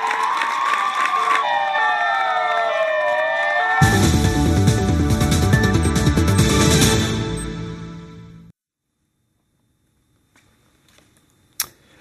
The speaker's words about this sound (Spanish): Los sanitarios lo han recibido en la calle, en la entrada del centro también, con aplausos.